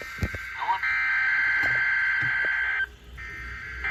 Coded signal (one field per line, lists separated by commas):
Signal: Emergency Alert System (SAME) tones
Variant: header bursts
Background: speech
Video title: EAS #72-73: MPXs final 2020 RWT